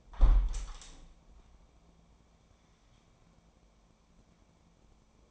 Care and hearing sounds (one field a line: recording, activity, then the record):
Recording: daily activity, microphone in the room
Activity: close window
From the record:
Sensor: 1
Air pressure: 1012.4 hPa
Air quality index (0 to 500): 168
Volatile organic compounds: 3 ppm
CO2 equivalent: 1370 ppm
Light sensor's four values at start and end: 226/519/230/255 and 247/567/251/277